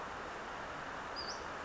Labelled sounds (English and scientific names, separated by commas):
Western Flycatcher (Empidonax difficilis)